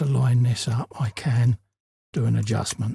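A part is lined up on a Fanhome 1:3 scale RoboCop partwork figure assembly (pack 72), with some free movement left for adjustment before it is pressed home. Someone talks throughout, with a short silence from about 1.6 to 2.1 s. Nothing has seated or clicked yet.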